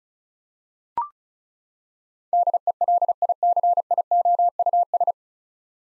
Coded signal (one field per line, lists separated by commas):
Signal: Morse code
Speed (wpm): 36 wpm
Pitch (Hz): 700 Hz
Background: none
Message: DELICIOUS